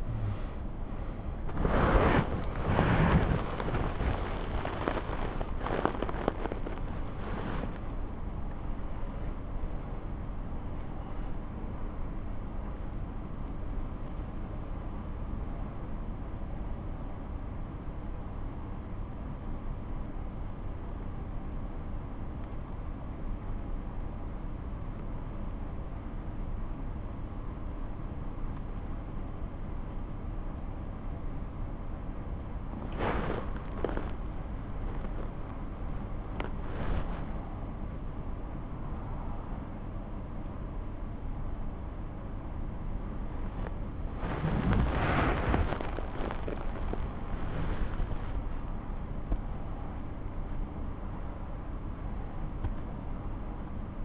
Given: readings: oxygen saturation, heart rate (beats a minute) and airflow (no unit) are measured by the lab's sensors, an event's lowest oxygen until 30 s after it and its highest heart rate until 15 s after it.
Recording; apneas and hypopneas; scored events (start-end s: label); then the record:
breathing in sleep by a smartphone at the bedside; 1
15.00-34.90 s: obstructive apnea (N2, oxygen 98% highest, then 93% lowest)
From the record:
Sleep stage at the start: N2 (light sleep); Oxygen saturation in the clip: 91 to 98%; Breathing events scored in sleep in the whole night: 217 in 6.3 hours asleep